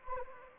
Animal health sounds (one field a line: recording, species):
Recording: mosquito wingbeat signal from an infrared sensor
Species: Anopheles gambiae